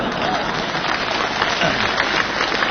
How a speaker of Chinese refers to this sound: 朋友们， 这鼓掌的，这都是非常了解情况的。